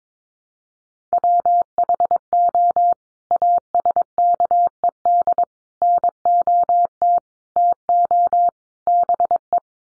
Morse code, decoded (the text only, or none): WHO ASKED NOT TO BE